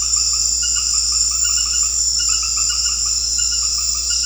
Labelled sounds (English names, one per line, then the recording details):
none
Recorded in secondary vegetation near Puerto Asís, Putumayo, Colombia, on 9 March 2025 at 19:30
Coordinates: 0.484, -76.319
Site G010